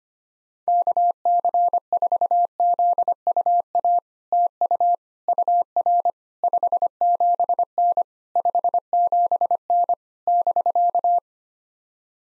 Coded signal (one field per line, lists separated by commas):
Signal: Morse code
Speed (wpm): 25 wpm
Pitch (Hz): 700 Hz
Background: none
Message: KC4ZUA TU UR 57N 57N <BK>